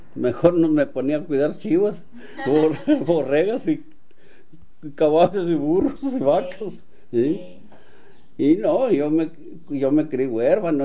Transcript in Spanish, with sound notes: Mejor me ponía a cuidar chivas, (risas) borregas, caballos y burros y vacas. Y no, yo me, yo me crié huérfano.